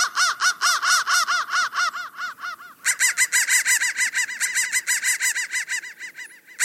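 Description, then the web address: Crow giving rapid harsh caws in two runs, the second slightly higher after a brief break. "soundfactory crow"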